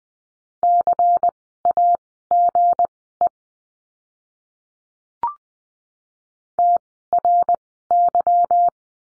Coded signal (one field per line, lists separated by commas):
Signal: Morse code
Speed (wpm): 20 wpm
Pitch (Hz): 700 Hz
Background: none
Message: CAGE TRY